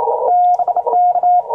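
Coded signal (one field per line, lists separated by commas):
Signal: Morse code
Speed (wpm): 30 wpm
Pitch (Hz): 710 Hz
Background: radio noise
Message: BK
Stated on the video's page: Morse sent on bugs: a 1937 key and a 1936 Mac key; dashes said to be too short.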